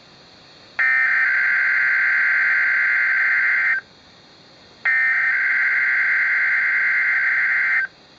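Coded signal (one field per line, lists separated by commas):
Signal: Emergency Alert System (SAME) tones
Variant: header bursts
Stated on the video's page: Real required test on a NOAA Weather Radio transmitter.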